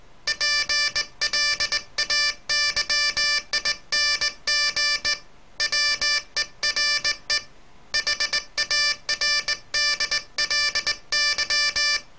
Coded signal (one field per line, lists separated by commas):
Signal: Morse code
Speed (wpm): 20 wpm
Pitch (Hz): 1750 Hz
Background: music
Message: PLAYING WERE HARDLY